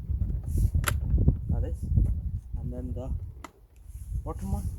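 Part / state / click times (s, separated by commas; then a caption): side indicator lamp into car front wing / not seated / none. A side indicator lamp housing is being fitted, top side first, into the plastic opening of a Honda Civic MK8 front wing during a side indicator LED upgrade. Someone talks over short handling taps and knocks. Nothing has seated or clicked yet.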